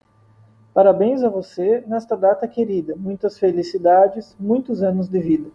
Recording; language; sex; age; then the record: short text; Brazilian Portuguese; male; 20 to 29 years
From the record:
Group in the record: control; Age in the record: 27 years